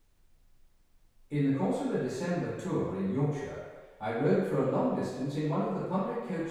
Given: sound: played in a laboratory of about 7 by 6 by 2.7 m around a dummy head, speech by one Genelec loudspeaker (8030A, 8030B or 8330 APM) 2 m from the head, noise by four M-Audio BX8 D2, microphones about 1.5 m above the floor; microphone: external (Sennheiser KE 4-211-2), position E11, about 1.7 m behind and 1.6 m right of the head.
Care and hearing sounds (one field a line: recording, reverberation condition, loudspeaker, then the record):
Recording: male speech in English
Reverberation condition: high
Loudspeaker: 120 degrees to the left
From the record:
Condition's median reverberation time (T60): about 1300 ms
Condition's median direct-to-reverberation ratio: about -4.0 dB